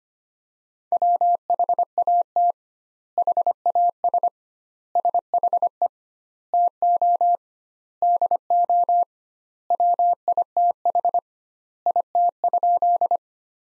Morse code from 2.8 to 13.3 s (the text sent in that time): HAS SHE TO DO WITH IT?